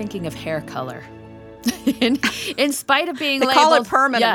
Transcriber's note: laughter